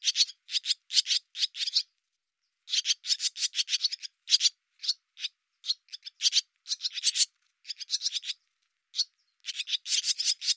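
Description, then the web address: Bird giving harsh, scratchy chattering bursts in rapid runs, broken by brief pauses, continuing steadily throughout. "cianscape birddata Deverinetal 2025"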